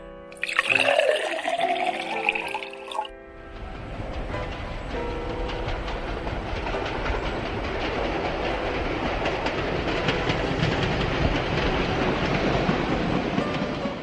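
A train runs along the railway: a few seconds of wavering tonal whine give way to a steady, loud rumbling roar with continuous rattling and clatter from the wheels and cars. No one speaks.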